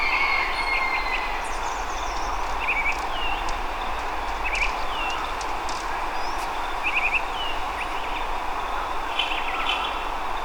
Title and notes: la Mirla Blanca o Sinsonte (Mimus gilvus) en la Estación de la Sábana, Bogotá, octubre del año 2024